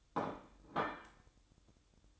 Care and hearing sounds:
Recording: daily activity, microphone in the room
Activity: place plate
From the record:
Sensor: 3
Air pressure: 1007.5 hPa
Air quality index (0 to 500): 54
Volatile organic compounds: 1 ppm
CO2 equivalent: 592 ppm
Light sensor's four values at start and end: 9/21/8/8 and 9/21/8/8

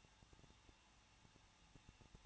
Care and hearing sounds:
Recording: daily activity, microphone in the room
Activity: no activity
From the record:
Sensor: 1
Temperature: 20.1 degrees Celsius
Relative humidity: 39.1%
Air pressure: 1006.3 hPa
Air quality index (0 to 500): 217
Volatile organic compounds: 76 ppm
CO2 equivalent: 3572 ppm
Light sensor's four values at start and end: 1/2/1/1 and 1/2/1/1

